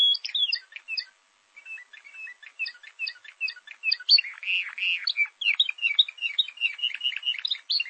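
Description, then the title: Bird song, a fast run of high chirps and twittering notes with a short pause near one second, then dense varied warbling continuing to the end. "burung online"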